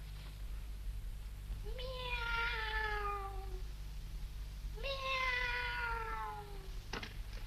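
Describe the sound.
Two long, drawn-out cat meows, each sliding gradually downward in pitch, separated by a short pause, over a steady low hum. A faint click follows the second meow.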